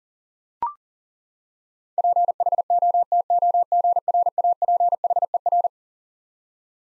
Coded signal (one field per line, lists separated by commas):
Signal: Morse code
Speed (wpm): 37 wpm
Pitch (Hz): 700 Hz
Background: none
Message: PHOTOGRAPHER